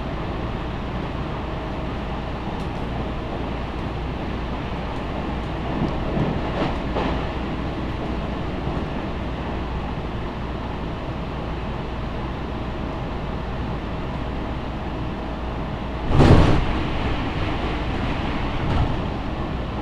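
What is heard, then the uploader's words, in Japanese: A steady, dense low rumble of a train running on the Tokaido Main Line, with a faint constant hum underneath. The level barely changes, apart from soft swells near 6 and 7 seconds and a sharp clunk around 16 seconds. 東海道本線 豊橋→安城（新快速）。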